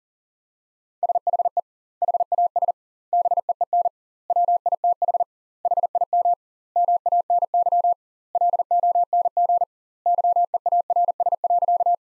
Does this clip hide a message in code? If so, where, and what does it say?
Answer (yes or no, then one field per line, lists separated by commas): yes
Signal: Morse code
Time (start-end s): 1.0-11.9 s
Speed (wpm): 40 wpm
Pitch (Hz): 700 Hz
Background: none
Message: SHE HAS BEEN WITH HIM MANY LONG YEARS.